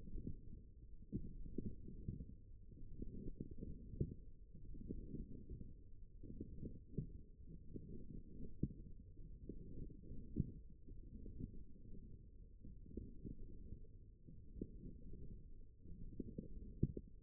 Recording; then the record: forearm muscle sounds (acoustic myography)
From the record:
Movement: forearm pronation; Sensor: system 1, eight BSWA MPA416 microphones around the upper forearm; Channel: 4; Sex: female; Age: 21 years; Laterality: right